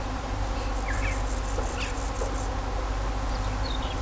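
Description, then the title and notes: Bees droning at a steady pitch beneath a rapid ticking insect trill and a few brief bird chirps, over constant road noise. Bees in vineyards at Kallstadt, Germany, in rural countryside, with birds singing and road traffic sounds. "In den Reben, Kallstadt, Deutschland - In Kallstadt summen die Bienen. Natur, Weinreben, Bienen summen, Vögel singen, Fahrgeräusche von Straße, Land"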